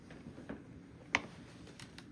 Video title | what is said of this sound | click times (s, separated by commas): Riccar Vibrance Review & Demo! | Yeah, that's good. It locks in place. | 1.1 s